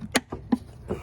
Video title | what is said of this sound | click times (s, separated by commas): 2018 Nissan Rouge Air Filter Replacement. | you'll hear them click and | 0.2 s